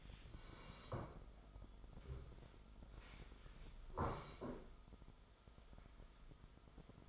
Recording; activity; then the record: daily activity, microphone in the room; sit down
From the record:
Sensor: 5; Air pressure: 1005.4 hPa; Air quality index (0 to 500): 106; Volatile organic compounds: 2 ppm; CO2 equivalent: 1299 ppm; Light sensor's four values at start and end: 34/78/31/30 and 34/78/31/30